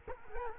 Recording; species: mosquito wingbeat signal from an infrared sensor; Culex quinquefasciatus